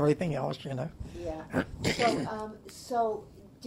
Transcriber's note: clears throat